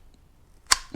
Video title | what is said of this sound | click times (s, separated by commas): Make This First - EASIEST First Kydex Holster | clicks, adjustable tension. There you go. | 0.7 s